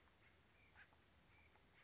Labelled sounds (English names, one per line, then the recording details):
Acorn Woodpecker
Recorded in Sonoma County, California